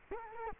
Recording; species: mosquito wingbeat signal from an infrared sensor; Culex quinquefasciatus